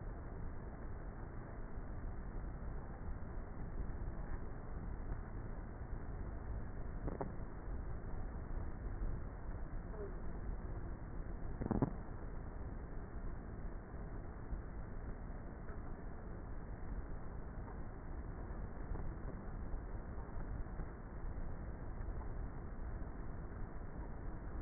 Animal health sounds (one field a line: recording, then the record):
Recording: honeybee colony, microphone inside the hive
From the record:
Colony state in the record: queenless with a low population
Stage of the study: before two queens were removed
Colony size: about 30,000 bees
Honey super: no